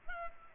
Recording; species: mosquito wingbeat signal from an infrared sensor; Culex pipiens